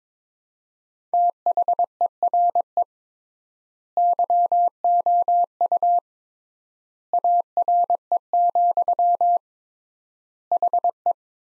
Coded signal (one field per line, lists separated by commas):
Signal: Morse code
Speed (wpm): 22 wpm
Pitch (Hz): 700 Hz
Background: none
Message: THERE YOU ARE, HE